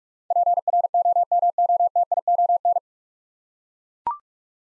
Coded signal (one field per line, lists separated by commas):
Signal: Morse code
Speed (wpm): 42 wpm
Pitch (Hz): 700 Hz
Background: none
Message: PROMOTION